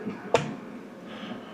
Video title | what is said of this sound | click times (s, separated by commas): System Build 36 - Build With Brian - New Case Cooler Master MasterBox Q300L (2025) | One click in place. | 0.4 s